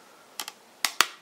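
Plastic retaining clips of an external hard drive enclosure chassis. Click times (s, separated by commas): 0.4 s, 0.8 s, 1.0 s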